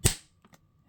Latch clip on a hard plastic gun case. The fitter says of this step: clips on it are quite sturdy, so when you seal it, nice audible click, Happy